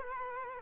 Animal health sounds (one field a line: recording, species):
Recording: mosquito wingbeat signal from an infrared sensor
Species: Culex quinquefasciatus